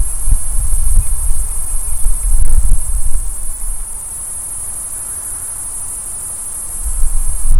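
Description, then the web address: Cicadas producing a steady, very high-pitched continuous drone that does not break, over loud low rumbling and gusty background noise. Recorded in a park. "Park Sounds Cicadas 1-Andrea Cornelius"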